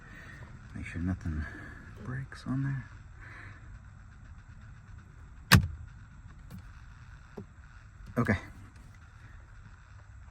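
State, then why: Seated. A carbon fiber waterfall trim piece is pressed onto the center console of a C8 Corvette until its clips snap in. Someone talks at first, then one sharp, loud click rings out at 5.5 s, followed by a few faint ticks and more talking. The trim panel is seated in place.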